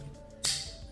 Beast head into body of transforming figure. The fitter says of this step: mouth is closed push the head all the way down till the chin snaps in place and then